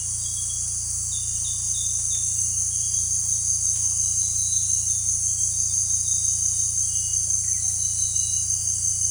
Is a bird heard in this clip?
no